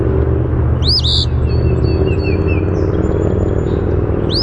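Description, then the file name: Eastern phoebe singing one sharp, high arched phrase, followed by faint thin notes and the start of another phrase, over steady low rumbling noise. "EAPH song"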